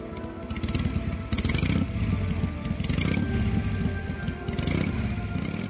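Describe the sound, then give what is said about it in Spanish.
A motorcycle engine roars steadily for several seconds as the bike is ridden away as fast as possible, its buzzing pitch rising and shifting as it accelerates, with no voices over it. “Muy deprisa, y aún con el cuerpo lastimado, Álvaro avanzó en su moto lo más rápido que pudo.”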